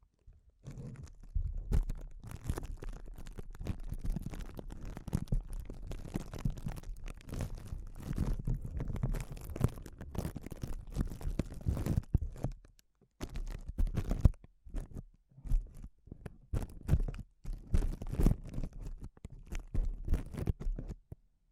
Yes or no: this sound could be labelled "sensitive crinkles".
yes